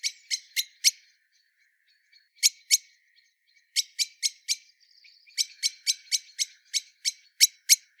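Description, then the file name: Common blackbird calls: crisp metallic chinks in bursts of varying length, separated by quiet gaps. "Turdus merula"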